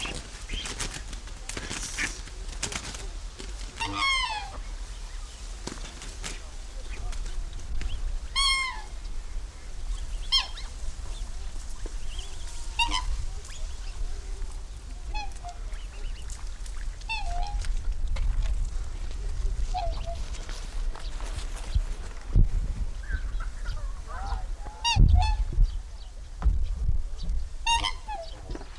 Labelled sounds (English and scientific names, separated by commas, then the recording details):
Black Swan (Cygnus atratus) call
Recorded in captivity
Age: diverse
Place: Timmendorfer Strand, Holsteinische Schweiz, Schleswig-Holstein, DE
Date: 1992-09-21 16:15
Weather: sonnig, 22°C
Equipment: Marantz CP 430, Sennheiser ME 80, Kopie Tesla B 116
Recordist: Tembrock, Günter